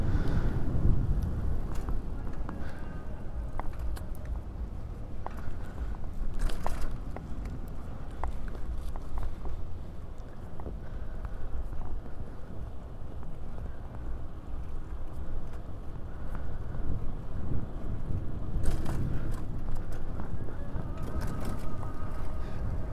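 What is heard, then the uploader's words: A bike ride outdoors, dominated by a dense, steady low rumble of wind and tire noise that swells slightly near the start and around 18 to 20 seconds. Sharp clicks and rattles from the bike break through repeatedly, with a cluster around 6 to 7 seconds. A stereo recording of a bike ride from Orchard Beach to our house in Mount Vernon.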